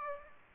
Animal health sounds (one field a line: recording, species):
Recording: mosquito wingbeat signal from an infrared sensor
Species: Aedes aegypti